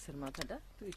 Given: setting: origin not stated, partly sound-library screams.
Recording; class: one-second piece from a danger detection set; normal situation